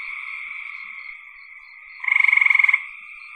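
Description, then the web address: Frog calls: continuous high-pitched trilling, then a loud fast pulsed burst lasting under a second. "cn frogs"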